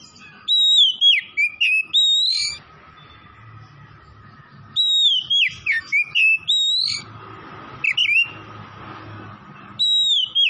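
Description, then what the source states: Oriental magpie-robin song in energetic bursts of looping, warbled whistles, with quieter gaps between phrases and a faint steady hum. Tretes kacer singing vigorously, described as gacor.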